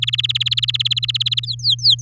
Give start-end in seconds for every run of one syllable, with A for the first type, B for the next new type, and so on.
0.02-1.46 A, 1.47-2.02 B